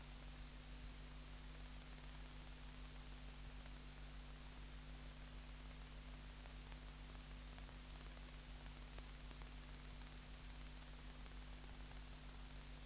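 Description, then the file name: Large saw-tailed bush-cricket song, a sustained high sizzling buzz with a brief click near the start, growing slightly louder later, over a constant low hum. "Polysarcus denticauda"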